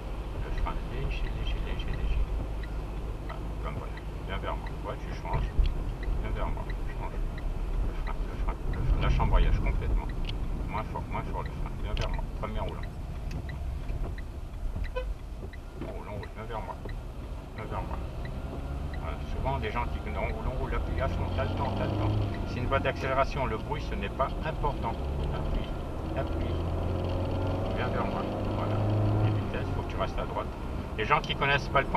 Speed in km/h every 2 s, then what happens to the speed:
42, 41, 40, 41, 39, 29, 15, 8, 15, 21, 26, 28, 40, 49, 54, 54.
0-8 steady at about 41. 8-13 brakes to 8. 15-27 speeds up to 54.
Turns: none.